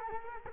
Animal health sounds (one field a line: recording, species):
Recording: mosquito wingbeat signal from an infrared sensor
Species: Culex quinquefasciatus